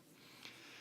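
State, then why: Seated. The bottom piece of an SGP Linear plastic bumper case in smooth white is lined up along its channel and pressed onto an iPhone 4 and the case's clear acrylic back panel. A sharp, short snap rises above a low, steady background at 0.5 s. The bumper piece snaps into place and is seated.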